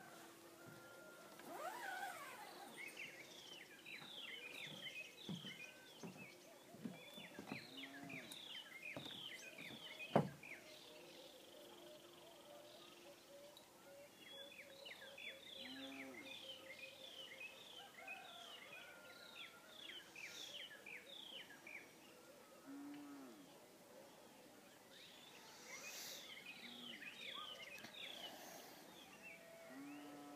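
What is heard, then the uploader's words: Field sounds from a campsite in Tanzania: dense, chattering bird calls come in long bursts, busiest early on, again around the middle, and near the end. Low lowing or voice-like tones sit underneath, and a single sharp knock lands near ten seconds. Tanzania Camping Field Sounds by David Adams.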